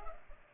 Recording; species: mosquito wingbeat signal from an infrared sensor; Culex pipiens